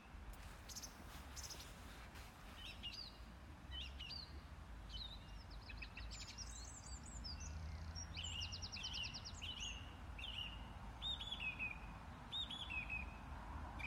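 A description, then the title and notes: A song thrush sings in repeated short phrases, with bright whistles and rapid trills coming every second or so throughout. Other birds chirp faintly in the background, over a steady low rumble like wind or water. Song Thrush in the Lake District. With some additional birds joining in at times! Source: Private Recording ©Richard Emerson.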